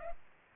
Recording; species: mosquito wingbeat signal from an infrared sensor; Culex pipiens